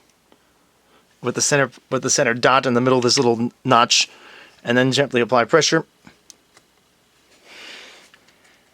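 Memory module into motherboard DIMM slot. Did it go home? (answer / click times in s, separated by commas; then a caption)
yes / 6.3 s, 8.1 s. Someone talks while a DDR4 memory module is lined up with the notch in a motherboard DIMM slot in an HP Omen 30L and gently pressed down. Sharp clicks at 6.3 s and 8.1 s mark the side clips locking. The module is seated in the slot.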